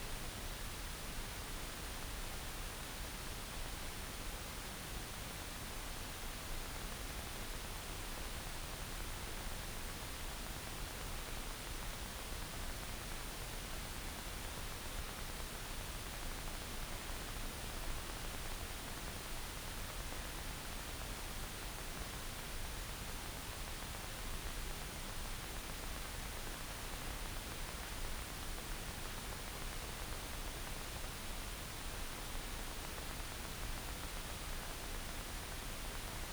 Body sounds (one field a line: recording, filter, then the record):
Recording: brain microelectrode recording played as sound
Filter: wide band, above 20 Hz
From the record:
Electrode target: subthalamic nucleus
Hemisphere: right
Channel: 1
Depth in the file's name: 5.102 mm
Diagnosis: Parkinson's disease